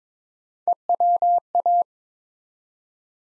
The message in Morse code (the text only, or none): EWA